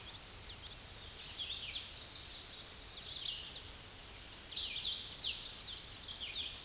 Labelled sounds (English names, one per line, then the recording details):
Hooded Warbler song
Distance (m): 15 m
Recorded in a Pennsylvania forest on 16 May 2024 at 08:13
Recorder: AudioMoth, point MSD-0438
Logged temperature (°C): 14.5 °C
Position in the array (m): 101 m, 93 m